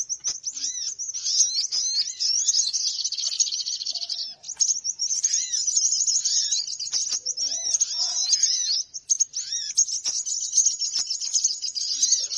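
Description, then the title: Birds keep up a busy, high, jumbled twittering, with repeated lower arched whistles and brief softer warbles scattered through. Noisy bird lure sound; many birds are said to gather as soon as it starts. "Baru Diputar Dah Banyak Merapat! Suara Pikat Burung Ribut"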